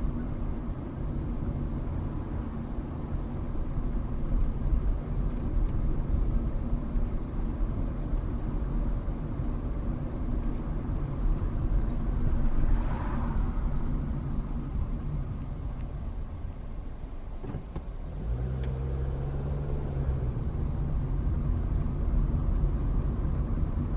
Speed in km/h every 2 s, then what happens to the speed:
26, 26, 26, 27, 27, 26, 21, 10, 5, 18, 24, 26.
0-9 steady at about 26. 9-15 brakes to 5. 16-20 speeds up to 24.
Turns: none.